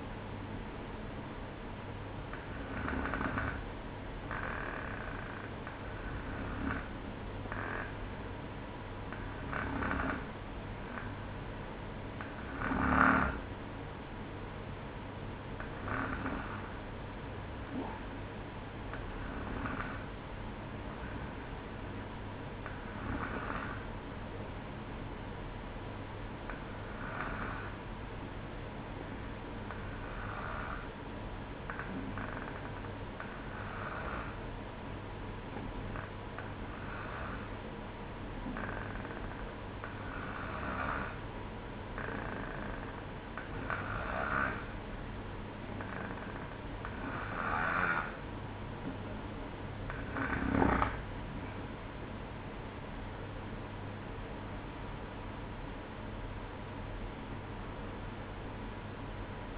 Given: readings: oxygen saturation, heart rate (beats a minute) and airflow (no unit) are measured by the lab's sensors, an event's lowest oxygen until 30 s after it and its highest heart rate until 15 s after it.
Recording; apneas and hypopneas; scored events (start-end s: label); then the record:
breathing in sleep by a voice recorder at the bedside; 1
30.00-50.90 s: hypopnea (N1, oxygen 94% highest, then 92% lowest, heart rate 61 at the start, 64 highest)
33.00-59.58 s: new sleep stage, N2 (light sleep)
From the record:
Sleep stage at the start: N1 (lightest sleep); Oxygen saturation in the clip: 92 to 94%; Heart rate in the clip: 59 to 64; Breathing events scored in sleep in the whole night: 305 in 9.6 hours asleep